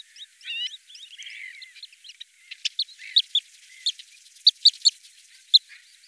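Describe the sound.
Bird calls: varied high chirps and short notes, some sliding, scattered irregularly, with sharper short notes toward the end.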